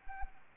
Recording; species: mosquito wingbeat signal from an infrared sensor; Anopheles arabiensis